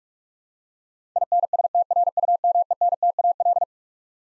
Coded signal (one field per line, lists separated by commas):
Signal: Morse code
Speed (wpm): 45 wpm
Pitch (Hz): 700 Hz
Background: none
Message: INSTRUMENTAL